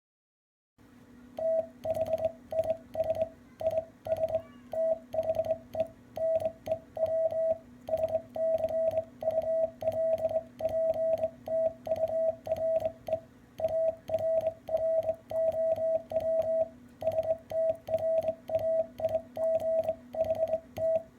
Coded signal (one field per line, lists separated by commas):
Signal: Morse code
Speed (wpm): 22 wpm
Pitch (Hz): 650 Hz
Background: radio noise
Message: THIS IS THE NEW SCULPTURE ARROW STRAIGHT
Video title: Begali Sculpture Arrow Straight Key